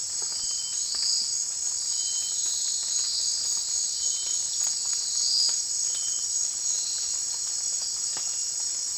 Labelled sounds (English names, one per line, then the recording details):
none
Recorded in dense forest near Puerto Asís, Putumayo, Colombia, on 19 June 2025 at 18:00
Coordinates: 0.466, -76.327
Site GP04